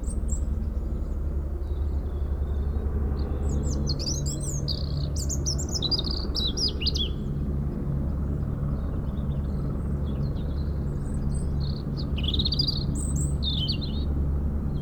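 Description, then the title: European robin singing thin, wavering high phrases in bursts with pauses, over a constant deep helicopter rumble. Singing in a hedge near Lac du Bourget, Brison-Saint-Innocent, France, during helicopter lifting work on the Colombière cliff, engine sound echoing off Mont Corsuet; Zoom H4n Pro placed vertically on ground. "4 Chem. de la Pointe Forestier, Brison-Saint-Innocent, France - Duo rouge-gorge hélicoptère"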